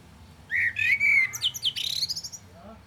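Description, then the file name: Common blackbird singing one phrase: a mellow fluted whistle sliding around mid pitch, then a rapid run of high, thin twittering notes. "Turdus merula"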